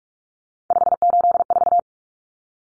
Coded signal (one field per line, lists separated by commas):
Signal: Morse code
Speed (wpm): 44 wpm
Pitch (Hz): 700 Hz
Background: none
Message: 584